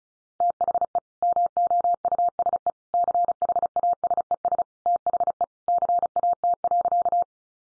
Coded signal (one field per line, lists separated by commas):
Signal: Morse code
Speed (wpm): 34 wpm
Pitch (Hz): 700 Hz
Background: none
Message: THE MOUSE CHASES THE CAT.